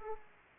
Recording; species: mosquito wingbeat signal from an infrared sensor; Aedes aegypti